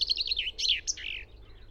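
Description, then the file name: Common chaffinch song fragment: a quick run of bright, descending notes that ends in a short sweeping flourish, with low background hum. "Fringilla coelebs"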